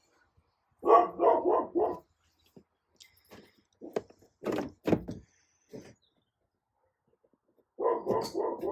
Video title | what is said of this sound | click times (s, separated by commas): 2022 Ford Explorer ST Squeaking Over Bumps — Diagnosed & Fixed | till it clicks one simple little click then we'll turn this over | 4.0 s